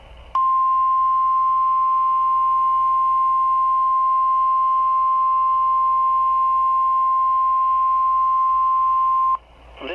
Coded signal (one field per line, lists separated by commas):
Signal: Emergency Alert System (SAME) tones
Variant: 1050 Hz attention tone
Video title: All Wisconsin NWS Offices Required Weekly Tests RWT Emergency Alert System EAS NOAA Weather Radio